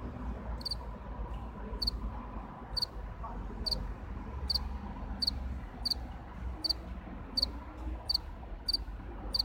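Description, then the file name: House cricket giving brief high chirps at a steady pace, slightly faster than one a second, with low background hum throughout. "Acheta domesticus Radzikowski Pawel"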